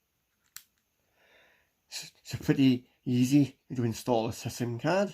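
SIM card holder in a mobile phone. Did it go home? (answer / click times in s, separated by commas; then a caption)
yes / 0.6 s. The SIM card holder of a 1999 Mitsubishi MT-230 mobile phone locks down with a single sharp click at 0.6 s, with the SIM card installed in the phone. A faint breathy sound follows, then someone talks.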